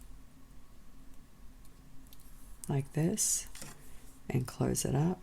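An opened metal jump ring is attached to a necklace end and lined up before closing, with only faint, quiet handling ticks around 1.6–2.2 seconds. Someone talks from about 2.6 seconds on. The ring has not snapped or clicked shut yet.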